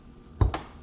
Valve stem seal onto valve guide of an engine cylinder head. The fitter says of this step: that's it you hear it snap it's in